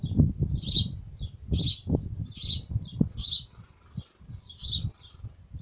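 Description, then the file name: Bird chirping in rough, buzzy bursts roughly every second, accompanied by steady low rustling and thumps. Birds at a nest. "Nido pajaros"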